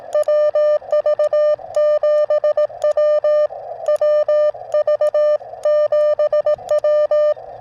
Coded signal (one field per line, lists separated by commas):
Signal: Morse code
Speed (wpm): 18 wpm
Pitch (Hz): 590 Hz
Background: none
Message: WV7W WV7W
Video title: JPC 12 Antenna Tested on POTA Activation